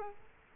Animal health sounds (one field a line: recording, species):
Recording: mosquito wingbeat signal from an infrared sensor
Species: Culex quinquefasciatus